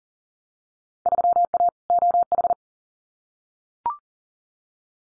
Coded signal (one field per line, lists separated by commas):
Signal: Morse code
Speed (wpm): 39 wpm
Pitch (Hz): 700 Hz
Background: none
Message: 3A OH